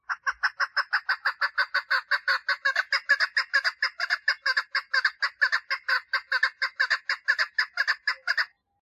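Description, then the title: Partridge song: an unbroken string of hoarse, rhythmic chucking notes lasting over eight seconds, then silence. "Perdiz Cantando"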